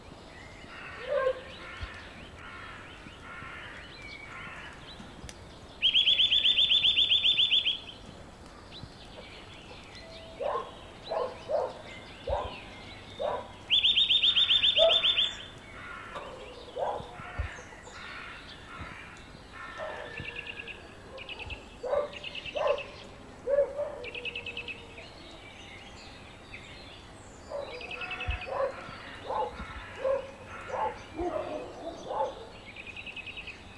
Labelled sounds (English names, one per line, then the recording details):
Eurasian Nuthatch song
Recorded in the wild
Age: adult
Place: Bled, SI
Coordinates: 46.37, 14.11
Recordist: Brunner, Thomas
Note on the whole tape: Anfang 1971, bei Tante Ivanka in Bled: Gesang eines Kleibers